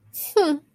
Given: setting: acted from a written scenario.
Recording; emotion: vocal sound without words; pride